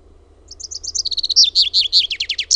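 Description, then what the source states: Common chaffinch song: a fast, bright trill that slows into descending phrases and ends in a short, emphatic flourish. Recorded in Finland.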